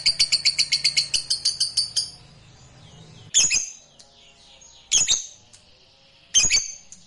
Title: Begitu Dengar Suara Lovebird FIGHTER NGEKEK PANJANG